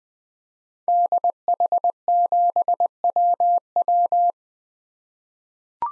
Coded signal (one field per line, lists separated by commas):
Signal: Morse code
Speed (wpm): 20 wpm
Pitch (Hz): 700 Hz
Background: none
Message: DH7WW